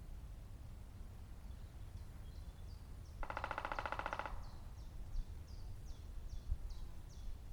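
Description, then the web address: Three-toed woodpecker drumming: one rapid, even roll of about a second in the middle, with a steady series of high, downslurred chirps running before and after it. "Picchio tridattilo"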